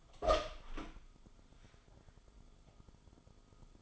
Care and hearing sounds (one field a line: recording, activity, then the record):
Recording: daily activity, microphone in the room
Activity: open door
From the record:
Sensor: 5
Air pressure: 1004.9 hPa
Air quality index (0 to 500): 106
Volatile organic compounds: 2 ppm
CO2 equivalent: 1289 ppm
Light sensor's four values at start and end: 35/82/33/32 and 35/81/33/32